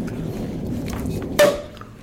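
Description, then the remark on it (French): A pressurized bottle is opened with a single sharp, loud hiss-pop that quickly fades, cutting through a low, steady background murmur and faint clinking. “Bon, tu l'ouvres ta bouteille ou quoi? Vas-y, tu l'ouvres.”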